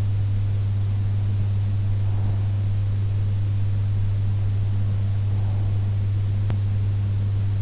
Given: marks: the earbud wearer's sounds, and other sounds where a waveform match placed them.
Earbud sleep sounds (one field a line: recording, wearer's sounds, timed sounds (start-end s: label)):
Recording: sounds in sleep by an in-ear microphone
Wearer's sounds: breath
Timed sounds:
1.66-3.66 s: breath
4.66-6.66 s: breath